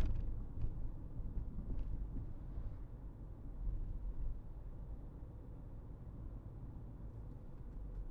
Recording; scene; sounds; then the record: everyday scene through a hearing-aid microphone; in a vehicle; engine, highway driving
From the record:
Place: Berlingo II, diesel engine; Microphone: behind the ear, right, front